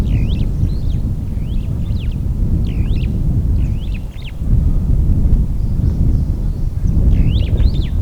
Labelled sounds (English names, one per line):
Superb Starling flight call